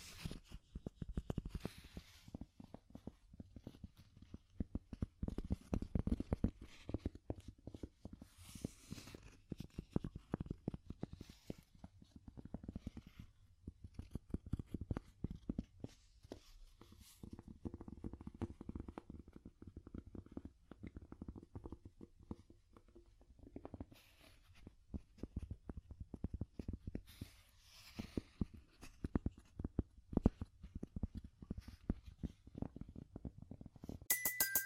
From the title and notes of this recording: ASMR Calming Wood Tapping (No Talking).